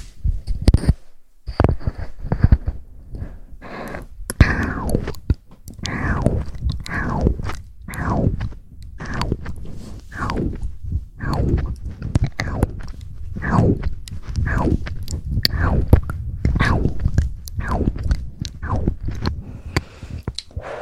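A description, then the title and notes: Wet mouth sounds with clicks and smacks, plus rubbing and tapping that could be hands, repeat in quick irregular bursts through the whole clip. Many are sharp, bright snaps over a soft low thump, like chewing or lip-smacking, with brief silences near the start. ASMR Mouth Sounds and Hand Sounds.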